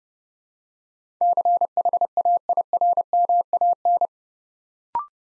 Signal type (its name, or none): Morse code